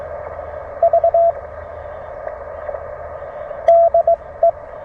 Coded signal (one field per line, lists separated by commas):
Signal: Morse code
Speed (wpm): 19 wpm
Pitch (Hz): 680 Hz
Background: radio noise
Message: V DE